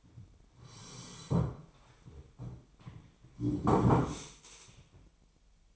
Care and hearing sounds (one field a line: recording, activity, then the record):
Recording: daily activity, microphone in the room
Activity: sit down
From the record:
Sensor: 1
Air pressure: 1008.0 hPa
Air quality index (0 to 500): 191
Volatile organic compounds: 17 ppm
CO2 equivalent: 2581 ppm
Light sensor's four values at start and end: 13/33/13/15 and 13/33/13/15